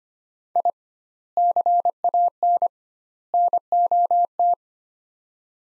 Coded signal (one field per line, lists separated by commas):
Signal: Morse code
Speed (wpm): 25 wpm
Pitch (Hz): 700 Hz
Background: none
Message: I CAN NOT